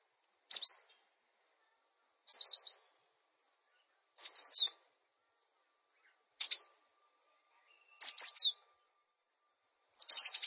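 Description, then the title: Bird chirping in six short, rapid bursts of high tweets, spaced about two seconds apart over a silent background. "LuckyPassaro Completos2Sama"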